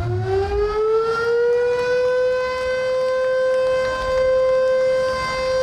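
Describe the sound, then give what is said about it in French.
The siren of the Sosumo sugar factory wails in one long, steady tone that rises in pitch at the start and then holds, loud and sustained, with no voices, signalling the launch of the sugar-processing campaign. “Cette sirène est un signe que la campagne d'usinage du sucre à la Sosumo a été lancée dès ce mercredi jusqu'à la fin du mois de décembre cette année.”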